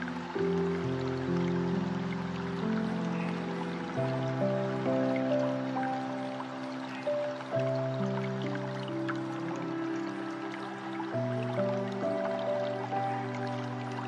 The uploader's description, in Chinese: 流水聲